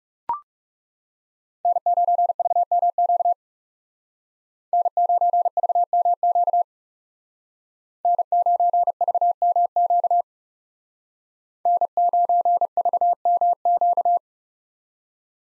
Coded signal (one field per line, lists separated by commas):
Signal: Morse code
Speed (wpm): 37 wpm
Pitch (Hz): 700 Hz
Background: none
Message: N9VMQ N9VMQ N9VMQ N9VMQ